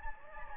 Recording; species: mosquito wingbeat signal from an infrared sensor; Anopheles gambiae